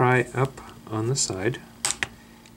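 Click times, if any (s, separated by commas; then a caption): 1.9 s, 2.0 s. Someone talks while a prying tool pries up the side of the plastic hinge cover on the bottom of a Dell Chromebook 11 laptop. Two sharp snaps are heard at about 1.9 and 2.0 seconds as the hinge cover's clips snap loose and release.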